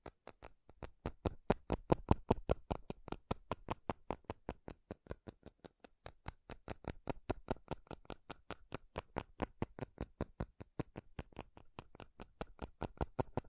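Fast, relentless tapping on metal, with sharp clicks running from the lowest to the highest pitches at roughly five or six per second. The rhythm stays steady for the whole stretch, though individual taps rise and fall in loudness, with a slight lull near six seconds.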